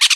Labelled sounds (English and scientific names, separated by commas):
Brown-throated Parakeet (Eupsittula pertinax) contact call